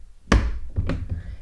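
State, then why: Seated. Pressure is applied to press a snap-off metal case back onto a Guess quartz wristwatch case after replacing its 377/AG4 battery. A sharp snap is heard at 0.3 s, followed by two quieter taps around 0.8 and 0.9 s. The case back snaps shut and sits back in its place.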